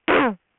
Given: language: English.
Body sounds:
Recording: throat vibration sensor signal played as sound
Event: throat clearing

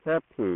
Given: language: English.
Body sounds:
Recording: throat vibration sensor signal played as sound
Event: speech

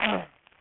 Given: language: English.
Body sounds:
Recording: throat vibration sensor signal played as sound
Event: throat clearing

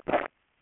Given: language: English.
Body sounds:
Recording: throat vibration sensor signal played as sound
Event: swallow

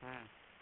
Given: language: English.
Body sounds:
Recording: throat vibration sensor signal played as sound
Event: speech

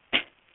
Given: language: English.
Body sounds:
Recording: throat vibration sensor signal played as sound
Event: cough

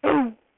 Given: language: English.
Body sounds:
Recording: throat vibration sensor signal played as sound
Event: throat clearing

